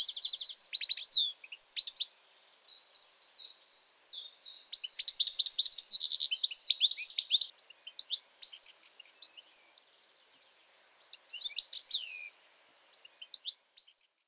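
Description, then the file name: European goldfinch singing rapid tinkling, twittering phrases with buzzy trills, in bursts separated by pauses, ending with a few scattered chirps. "Carduelis carduelis"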